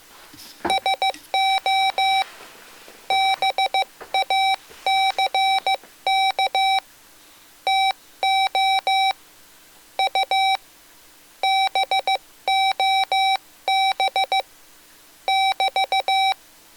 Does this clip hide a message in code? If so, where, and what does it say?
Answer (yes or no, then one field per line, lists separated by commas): yes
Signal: Morse code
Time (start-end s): 0.7-16.3 s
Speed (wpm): 15 wpm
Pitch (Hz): 770 Hz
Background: none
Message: SO BACK TO U BOB <BT>